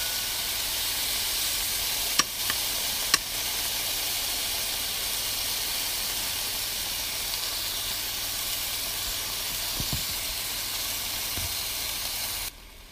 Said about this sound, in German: Das Fleisch brutzelt schön vor sich hin. Soll, wenn es 2 bis 3 Minuten angebraten ist, zu den Süßkartoffeln im Backofen.